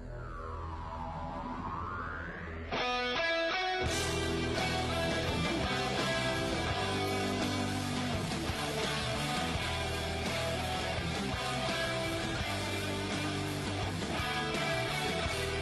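A rock band arrangement of a Chinese children's song opens with a swooping, sweeping tone and a short build, then the full band crashes in loud with driving drums and dense guitars, no singing.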